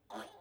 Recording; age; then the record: pig call; piglet (1 to 25 days)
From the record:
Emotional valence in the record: negative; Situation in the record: restrain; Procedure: back test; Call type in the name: low-frequency call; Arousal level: low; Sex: male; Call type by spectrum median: low-frequency call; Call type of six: mixed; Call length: 0.41 s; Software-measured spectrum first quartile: 565 Hz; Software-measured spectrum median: 945 Hz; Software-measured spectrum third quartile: 2044 Hz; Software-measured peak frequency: 721 Hz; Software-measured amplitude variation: 179 dB a second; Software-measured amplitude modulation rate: 21.9 a second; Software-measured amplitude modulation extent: 8.2 dB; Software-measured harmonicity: 0.4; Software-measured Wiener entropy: -1.17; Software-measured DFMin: 898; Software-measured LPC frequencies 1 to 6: 714, 1397, 3365, 4104, 6144, 8464 Hz